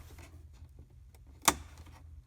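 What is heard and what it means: A slim pick tool presses in the bottom metal spring clip holding a dash air vent in the dash opening of a 1980s Toyota Pickup/4Runner dashboard. Over a steady low hum and a few faint ticks, the clip gives one sharp, bright click at 1.5 s, and the vent is released free.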